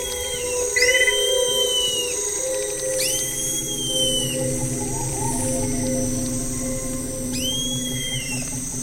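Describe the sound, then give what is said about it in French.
A Lernaeca cricket, a tiny 1.5 cm cricket coloured like dead leaves, sings its high chirping song in French Guiana within a dense, steady chorus of birds, frogs and insects, with bright sweeping whistled calls recurring every few seconds over a constant low hum. “Et au milieu de ce concert, le Lernaeca, un tout petit grillon d'un centimètre et demi dans la couleur, semblable aux feuilles mortes, lui permet de se fondre dans son environnement.”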